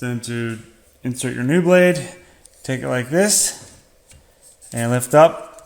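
Someone talks while a new front wiper blade for a 2021 Chevy Blazer is handled, ready to be hooked onto the wiper arm and lifted, with a brief faint sound near the end at 5.6 s. Nothing has seated or clicked yet.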